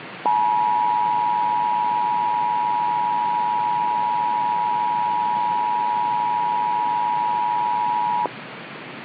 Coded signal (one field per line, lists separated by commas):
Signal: Emergency Alert System (SAME) tones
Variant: 853 and 960 Hz attention tone